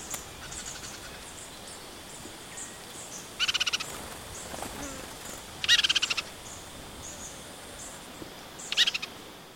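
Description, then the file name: Robin calls: three short bursts of rapid, stuttering trilled notes, spaced a few seconds apart, with a faint background hiss. Medley of robin sounds. "BIRD rcrobin medley"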